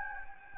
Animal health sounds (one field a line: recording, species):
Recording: mosquito wingbeat signal from an infrared sensor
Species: Anopheles gambiae